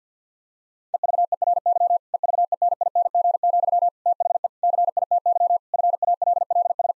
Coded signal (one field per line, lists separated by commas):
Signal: Morse code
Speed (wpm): 50 wpm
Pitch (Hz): 700 Hz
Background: none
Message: EVERY EVENING, THE CITY FALLS